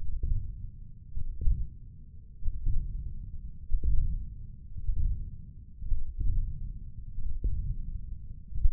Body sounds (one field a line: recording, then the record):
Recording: forearm muscle sounds (acoustic myography)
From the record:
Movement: hand opening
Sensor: system 1, eight BSWA MPA416 microphones around the upper forearm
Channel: 1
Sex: male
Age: 20 years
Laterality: left